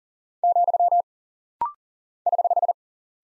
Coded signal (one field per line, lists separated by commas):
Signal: Morse code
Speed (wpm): 40 wpm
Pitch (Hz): 700 Hz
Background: none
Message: , <HH>